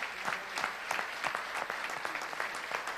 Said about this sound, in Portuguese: Então vocês podem dar um aplauso a Deus nesta manhã. Com toda a vossa força, está bem? Com toda a vossa força. Eu sei que isso não é o máximo. Vocês podem dar mais do que isso, amém? O aplauso é para Deus, não é para nós, está bem?